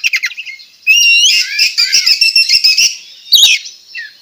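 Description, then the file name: Oriental magpie-robin song with a few quick chips, then a long run of warbled whistles over a harsh buzzy texture, ending with a brief sharp phrase. Singing actively (gacor), with loud song phrases called tembakan; recorded at Tretes. "Tembakan Kacer Tretes Gacor"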